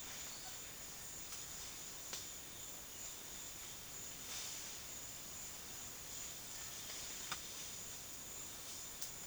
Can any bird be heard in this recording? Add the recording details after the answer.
no. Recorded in secondary vegetation near Puerto Asís, Putumayo, Colombia, on 29 June 2025 at 11:30. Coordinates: 0.485, -76.322. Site GP06